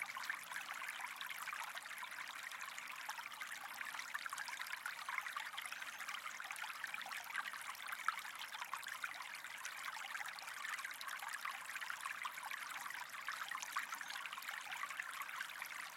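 A brook babbles steadily through the whole stretch, a dense, even wash of trickling and splashing water with no pauses. The sound sits in the bright middle and upper range with little low rumble, constant, with only tiny flickers of louder droplets.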